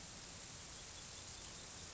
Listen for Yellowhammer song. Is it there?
no